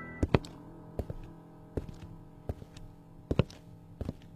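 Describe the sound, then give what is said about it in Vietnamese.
Footsteps on damp, dirty dirt ground at night: dull, soft thuds landing in loose pairs at a slow, uneven pace, heard over a low, steady background hum with no one talking. “Trong màn đêm, cô có thể nghe rõ tiếng bước chân trên nền đất ẩm ướt bẩn thỉu.”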